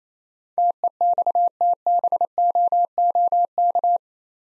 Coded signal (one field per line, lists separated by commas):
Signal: Morse code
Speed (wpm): 28 wpm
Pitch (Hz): 700 Hz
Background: none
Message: TEXTBOOK